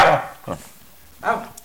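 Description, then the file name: Dog barking: a loud sharp bark at the start, a softer short one half a second later, then another bark at about 1.3 seconds, with quiet between. "doggy"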